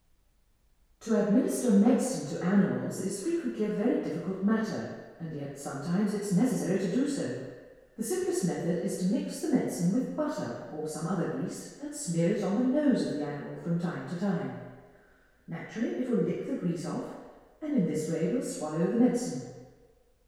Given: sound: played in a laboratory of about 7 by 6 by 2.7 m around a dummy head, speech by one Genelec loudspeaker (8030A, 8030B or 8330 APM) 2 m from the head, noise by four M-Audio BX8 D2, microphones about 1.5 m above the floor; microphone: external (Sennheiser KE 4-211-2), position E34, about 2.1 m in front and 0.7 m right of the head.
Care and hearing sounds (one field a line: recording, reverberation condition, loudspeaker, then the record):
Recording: female speech in English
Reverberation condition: high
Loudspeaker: 60 degrees to the right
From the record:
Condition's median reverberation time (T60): about 1300 ms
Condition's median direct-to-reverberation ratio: about -4.0 dB